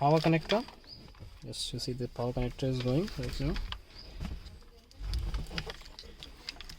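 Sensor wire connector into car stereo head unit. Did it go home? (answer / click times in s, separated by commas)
yes / 6.5 s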